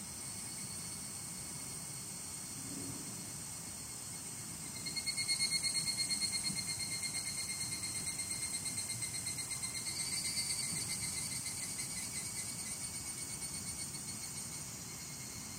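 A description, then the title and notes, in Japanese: Higurashi cicadas call with a high, ringing trill that swells in at about five seconds, pulses rapidly and steadily for most of the clip, and eases off near the end. A low, constant rumble, like passing traffic, runs underneath throughout. ひぐらしのなく頃。ただひぐらしは、もうちょっと落ち着きがあって良かったので、ひぐらしを録ってみました。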